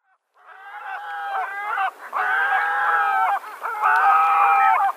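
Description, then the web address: Great black-backed gull calls: three sustained, hoarse, nasal notes in a row, the last one loudest. "Schulze Peter Great Black-backed Gull"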